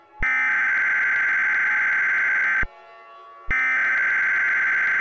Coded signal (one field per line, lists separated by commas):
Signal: Emergency Alert System (SAME) tones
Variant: header bursts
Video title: EAS Mock - Soda Flood